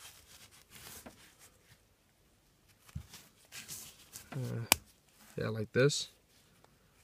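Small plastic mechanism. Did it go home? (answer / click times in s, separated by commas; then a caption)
no / none. Someone talks while handling the folding arm of a plastic FMA ARC airsoft rail adaptor with its upper plate removed, working it toward its locked position on the adaptor body. Soft handling rustles and a few short scraping and rubbing bursts are heard. Nothing has clicked or seated yet.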